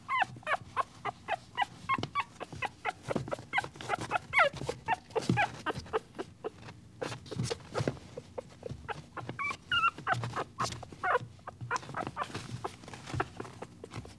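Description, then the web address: Dog: puppy whines and yelps, many short high squeaks in quick irregular runs. "щенок"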